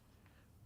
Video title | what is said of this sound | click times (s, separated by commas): Allex de Libec, el combo de tripie, cabezal y slider | montamos aquí la cámara escuchamos el clic aseguramos el la placa | 0.3 s